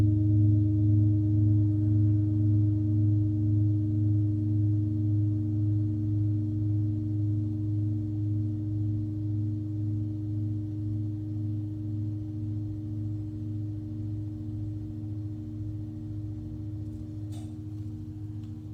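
A Tibetan singing bowl hums a low, steady tone with a slow wavering pulse, fading gradually, with a faint click near seventeen seconds.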